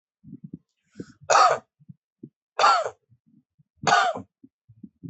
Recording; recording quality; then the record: heavy voluntary cough; moderate, slight background noise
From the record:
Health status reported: healthy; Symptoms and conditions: none ticked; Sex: male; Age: 39 years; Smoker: not ticked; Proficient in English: yes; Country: India